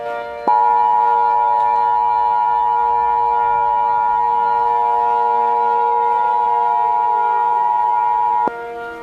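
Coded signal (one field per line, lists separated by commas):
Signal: Emergency Alert System (SAME) tones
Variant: 853 and 960 Hz attention tone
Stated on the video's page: Fictional terror-attack EAS scenario with valid tones, fake and made for entertainment.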